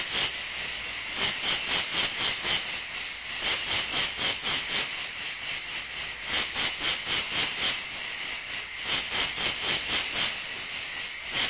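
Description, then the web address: Insect buzzing in a loud, rapidly throbbing high drone, pulsing about four times a second with slight swells and dips in volume. "animali insetti insetti insect"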